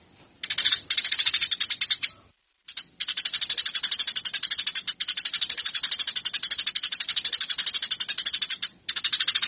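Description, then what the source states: Eurasian tree sparrow delivering sustained chattering song, quick high chirps repeated about four times a second in long runs broken by a few short pauses. Fighting (tarung) style sparrow sound, used as a master recording for training.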